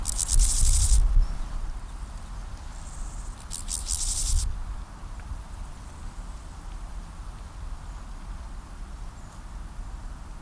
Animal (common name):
Steppe Grasshopper